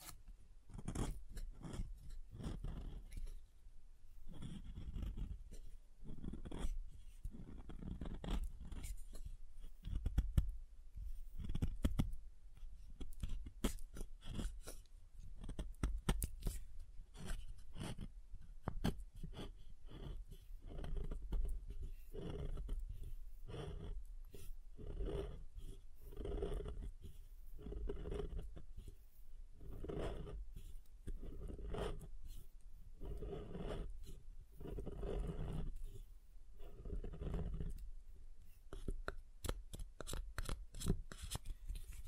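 Soap being tapped and carved, a dense run of quick dry clicks and scrapes with crisp bright edges, steady throughout with brief louder taps.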